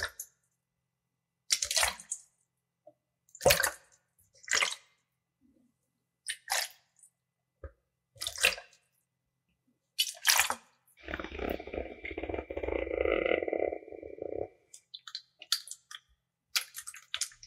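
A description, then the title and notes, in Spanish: Fingernails slide along a blue tube in short, separate strokes, each a bright scratchy swipe with silence between, coming about once a second or two. Around eleven seconds a denser, wetter crunching of gel beads takes over for three seconds, then brief strokes return. Utilizando objetos de color azul. Desde el suave sonido de las uñas en un tubo azul al deslizarse, hasta el crujido de las bolitas de gel.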